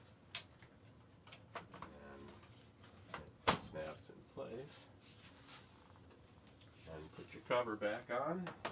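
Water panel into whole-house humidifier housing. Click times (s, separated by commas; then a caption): 0.3 s. A water panel, an evaporator pad in its frame, is lined up with the drain and pushed into a whole-house humidifier housing, and it snaps into place with a sharp click at 0.3 s. Lighter knocks and handling taps follow while someone talks.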